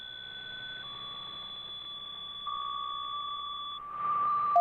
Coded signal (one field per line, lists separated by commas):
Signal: PSK63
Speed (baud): 62.5 baud